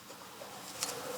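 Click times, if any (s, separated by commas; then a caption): none. A metal variable-valve-timing (VVT) cam pulley is slid onto the camshaft nose of an MX5 car engine and rotated so it can engage. Quiet, steady handling noise is heard, with one brief, sharp high-pitched tick near 0.8 s. Nothing has seated or clicked yet: the pulley is not yet home.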